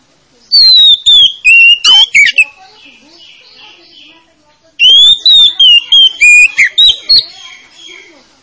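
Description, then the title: Oriental magpie-robin song: two loud bursts of sweet whistles and sharp high chips, with a faint soft warble continuing between them. Played as a lure to make a reluctant magpie-robin start singing. "Pancingan Kacer Yg Malas Bunyi"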